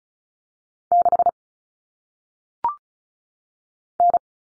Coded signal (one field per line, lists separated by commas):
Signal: Morse code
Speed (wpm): 36 wpm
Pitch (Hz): 700 Hz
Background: none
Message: 6 N